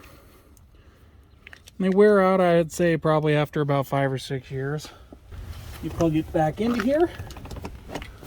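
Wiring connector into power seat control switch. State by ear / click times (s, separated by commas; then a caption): not seated / none. A wiring harness connector is handled, about to be plugged back into a new power seat control switch assembly on a GMT900 vehicle, while someone talks, with a few faint plastic ticks near the start and end. Nothing has seated or clicked yet.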